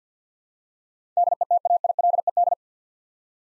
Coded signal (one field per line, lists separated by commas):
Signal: Morse code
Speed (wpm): 50 wpm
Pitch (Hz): 700 Hz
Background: none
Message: DETAILED